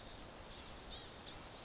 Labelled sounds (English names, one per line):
Blue-gray Gnatcatcher